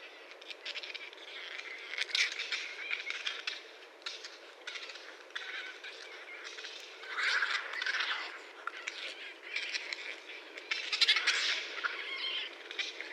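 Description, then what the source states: Raccoon chitters: broken, grating squawks in loose clusters, with a few louder rough bursts. Recorded 30 January 2012.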